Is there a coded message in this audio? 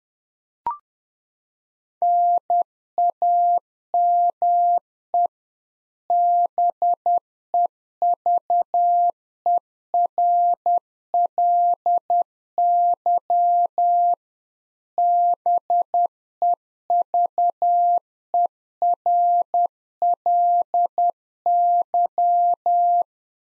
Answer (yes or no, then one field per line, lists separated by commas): yes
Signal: Morse code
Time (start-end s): 2.0-23.0 s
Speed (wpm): 10 wpm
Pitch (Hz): 700 Hz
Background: none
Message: NAME BEVERLY BEVERLY